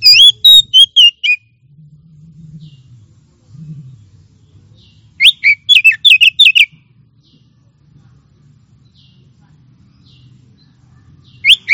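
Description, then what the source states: Oriental magpie-robin song: sharp, twisting whistled notes in fast bursts at the opening and middle, with a brief phrase at the end and a low hum between. Champion singing bird (kacer juara).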